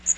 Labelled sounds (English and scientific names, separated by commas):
Magnolia Warbler (Setophaga magnolia) flight call